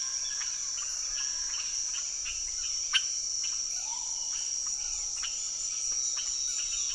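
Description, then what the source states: Amphibians calling in a dense chorus of short, sharp clicking notes scattered irregularly, over a loud steady high-pitched insect drone. Hundreds to thousands of amphibians calling from the ground as rain approaches, Saül, French Guiana, 16 November 2006; Nagra Ares BB+ recorder, cardioid MKH40 microphones.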